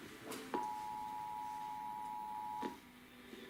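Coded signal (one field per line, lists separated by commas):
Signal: Emergency Alert System (SAME) tones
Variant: 853 and 960 Hz attention tone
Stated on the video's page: Nebraska Required Monthly Test with an unusual twist.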